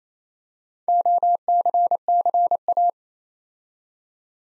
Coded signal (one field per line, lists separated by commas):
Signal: Morse code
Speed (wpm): 29 wpm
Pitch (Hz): 700 Hz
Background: none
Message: OCCA